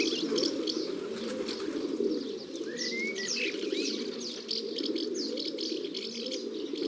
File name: Pigeon domestique biset ABC des chants doiseaux